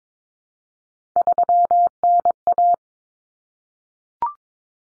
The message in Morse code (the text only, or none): 3NA